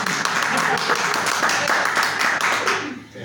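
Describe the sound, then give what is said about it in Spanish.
A crowd in Villa Giardino applauds steadily, many hands clapping in a dense, continuous patter at an even loudness, tapering off at the very end. No one speaks over it. “Un aplauso, te por favor.”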